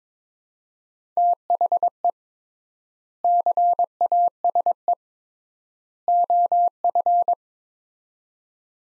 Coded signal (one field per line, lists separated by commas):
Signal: Morse code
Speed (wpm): 22 wpm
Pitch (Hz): 700 Hz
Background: none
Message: THE CASE OF